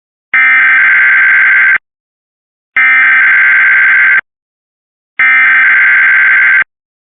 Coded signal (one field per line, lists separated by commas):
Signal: Emergency Alert System (SAME) tones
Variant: header bursts